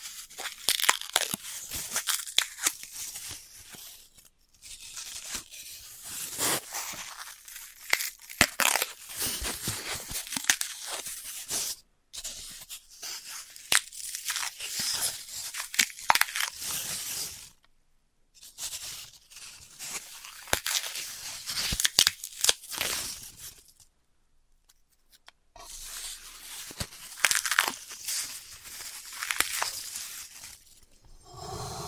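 Floral foam is worked over in bursts of dense, crackly crunching and tearing, with bright gritty detail and quick clicks throughout. The activity comes in stretches of a few seconds, broken by short silent gaps near 4, 12, 18, 24 and 25 seconds.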